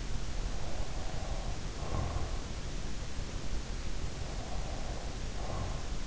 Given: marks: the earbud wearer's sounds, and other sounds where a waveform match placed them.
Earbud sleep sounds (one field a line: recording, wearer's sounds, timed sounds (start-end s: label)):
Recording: sounds in sleep by an in-ear microphone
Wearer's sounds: breath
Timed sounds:
0.64-2.32 s: breath
4.23-5.97 s: breath